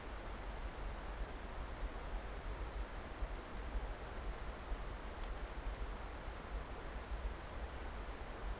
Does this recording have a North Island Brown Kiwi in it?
no